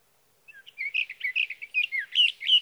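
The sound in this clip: Sage thrasher song starting softly and building into a quick burbling run of varied warbled and whistled notes.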